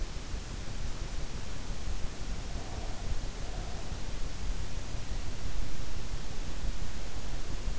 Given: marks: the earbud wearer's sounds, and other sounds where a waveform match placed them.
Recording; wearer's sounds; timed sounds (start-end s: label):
sounds in sleep by an in-ear microphone; breath
2.43-3.89 s: breath